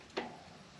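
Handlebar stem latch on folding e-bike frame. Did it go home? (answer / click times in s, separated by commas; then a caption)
no / none. After the handlebars on a folding e-bike are raised, the handlebar stem latch on the frame is handled as it is about to be locked into position. A single brief, sharp knock rises at about 0.2 s and fades over roughly a tenth of a second, then only faint background remains. The latch has not seated or clicked into place yet.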